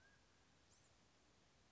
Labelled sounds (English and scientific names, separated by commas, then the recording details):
Mountain Quail (Oreortyx pictus)
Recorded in Sonoma County, California